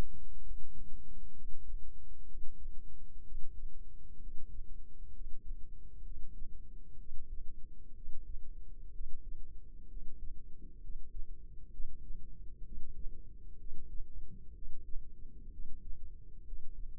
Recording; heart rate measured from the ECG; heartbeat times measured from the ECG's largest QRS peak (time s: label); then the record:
heart sounds by microphone in the left ear; 64 bpm
0.40 s: heartbeat
1.31 s: heartbeat
2.24 s: heartbeat
3.21 s: heartbeat
4.17 s: heartbeat
5.10 s: heartbeat
6.00 s: heartbeat
6.95 s: heartbeat
7.92 s: heartbeat
8.90 s: heartbeat
9.86 s: heartbeat
10.78 s: heartbeat
11.68 s: heartbeat
12.61 s: heartbeat
13.55 s: heartbeat
14.51 s: heartbeat
15.48 s: heartbeat
16.42 s: heartbeat
From the record:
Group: healthy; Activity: rest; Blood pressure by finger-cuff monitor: 115/58 mmHg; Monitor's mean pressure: 74 mmHg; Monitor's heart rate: 64 bpm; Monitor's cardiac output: 5.4 L/min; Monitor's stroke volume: 85 mL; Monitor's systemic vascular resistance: 980 dyn s/cm5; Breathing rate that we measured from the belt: 11 breaths a minute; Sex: female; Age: 32 years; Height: 168 cm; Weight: 61.9 kg